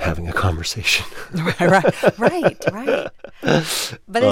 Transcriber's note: laughter